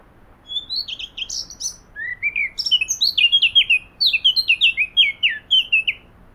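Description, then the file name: Eurasian blackcap singing a jumbled, high twittering opening that turns into rapid, loud, repeated fluty phrases for several seconds, over a quiet background. "Sylvia atricapilla"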